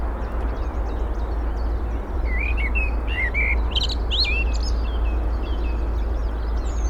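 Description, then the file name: Eurasian blackbird singing short mellow warbled phrases with thin high flourishes, then quieter twittering, all above a constant low droning noise. "Turdus merula"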